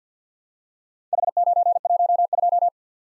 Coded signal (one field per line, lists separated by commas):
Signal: Morse code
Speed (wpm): 51 wpm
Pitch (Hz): 700 Hz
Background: none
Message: H912